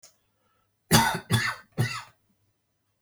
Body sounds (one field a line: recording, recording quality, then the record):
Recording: shallow voluntary cough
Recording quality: excellent, no background noise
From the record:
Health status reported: healthy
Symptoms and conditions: none ticked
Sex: male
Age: 56 years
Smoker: not ticked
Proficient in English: yes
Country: France